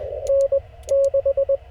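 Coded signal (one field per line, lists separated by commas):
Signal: Morse code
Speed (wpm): 22 wpm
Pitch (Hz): 560 Hz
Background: radio noise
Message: N 6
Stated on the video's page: CW park activation pile-ups and DX after a solar storm, using an FT-891 and a 17-foot telescopic whip from a car.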